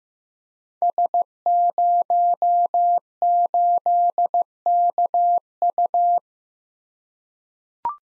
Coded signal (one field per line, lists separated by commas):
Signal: Morse code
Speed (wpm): 15 wpm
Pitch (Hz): 700 Hz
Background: none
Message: S08KU